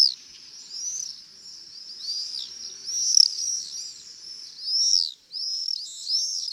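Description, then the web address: Common swift screaming: shrill high arching screeches repeated by several birds in overlapping bursts throughout. "rondone"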